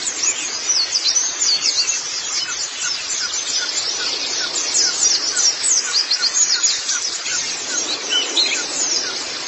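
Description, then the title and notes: White-eye song, dense high-pitched twittering with rapid overlapping chirps and quick slurred notes, continuous throughout over a steady background hiss. White-eye song (kicauan). "Kicauan Burung Pleci Durasi Panjang. Suara kicauan burung pleci"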